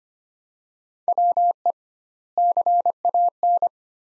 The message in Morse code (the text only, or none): WE CAN